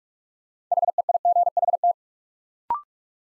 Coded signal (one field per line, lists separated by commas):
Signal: Morse code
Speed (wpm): 44 wpm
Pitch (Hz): 700 Hz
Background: none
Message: HEIGHT